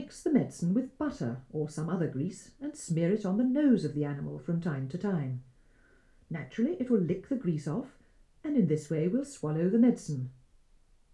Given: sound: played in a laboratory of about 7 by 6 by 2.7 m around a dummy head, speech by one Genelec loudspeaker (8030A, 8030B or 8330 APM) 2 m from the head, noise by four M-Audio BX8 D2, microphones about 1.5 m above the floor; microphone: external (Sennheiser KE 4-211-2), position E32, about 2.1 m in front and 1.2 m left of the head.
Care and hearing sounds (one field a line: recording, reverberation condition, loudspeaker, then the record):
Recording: female speech in English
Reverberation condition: low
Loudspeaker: 30 degrees to the left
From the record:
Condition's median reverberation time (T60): about 310 ms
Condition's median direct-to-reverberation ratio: about 3.5 dB